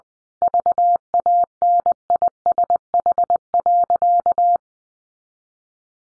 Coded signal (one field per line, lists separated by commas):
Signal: Morse code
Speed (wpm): 20 wpm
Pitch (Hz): 700 Hz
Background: none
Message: VANISH.